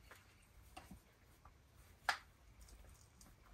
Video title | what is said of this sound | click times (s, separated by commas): HEADERS AND WIRES TIPS ON A 1997 CHEVY TAHOE 5.7L 350 VORTEC 88-98 CHEVY TRUCKS | so let me get this one in there make sure you hear that click | 2.1 s